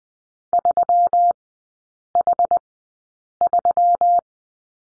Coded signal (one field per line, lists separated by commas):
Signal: Morse code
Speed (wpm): 20 wpm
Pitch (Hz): 700 Hz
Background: none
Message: 3H3